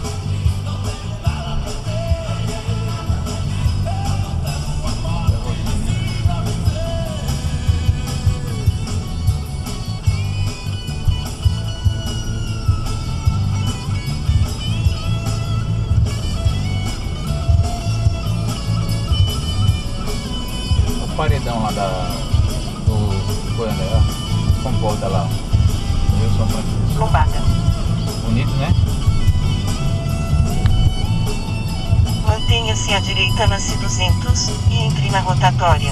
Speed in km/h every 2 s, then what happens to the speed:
17, 24, 30, 24, 13, 20, 29, 36, 42, 47, 50, 50, 49, 46, 43, 43, 36, 20.
0-3 speeds up to 30. 5-7 brakes to 13. 8-23 speeds up to 50. 23-36 slows to 20.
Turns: none.